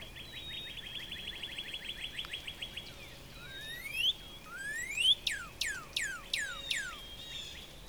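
Northern Cardinal song: a steady rapid series of short notes, then two long rising whistles and a series of steep down-slurred notes.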